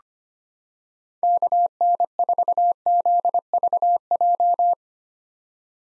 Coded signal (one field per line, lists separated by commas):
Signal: Morse code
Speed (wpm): 25 wpm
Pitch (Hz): 700 Hz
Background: none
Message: KN4ZVJ